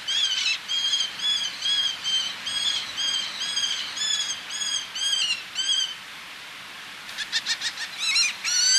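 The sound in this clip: Eleonora's falcon calling: a run of harsh arched squeals, a short gap, then quicker clipped notes.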